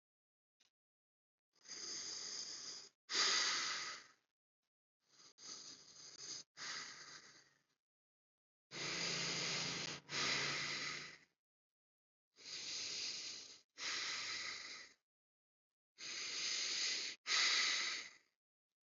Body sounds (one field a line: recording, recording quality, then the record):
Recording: deep breathing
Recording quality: excellent, no background noise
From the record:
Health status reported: healthy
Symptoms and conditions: none ticked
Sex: male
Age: 54 years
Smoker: not ticked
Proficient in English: yes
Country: India